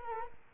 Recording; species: mosquito wingbeat signal from an infrared sensor; Culex quinquefasciatus